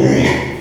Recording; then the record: squeal of a Yucatan mini pig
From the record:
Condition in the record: before surgery on the right vocal fold (resection and tissue-engineered implant); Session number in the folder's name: 2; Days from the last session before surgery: 0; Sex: male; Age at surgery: 12 weeks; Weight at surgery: 13 kg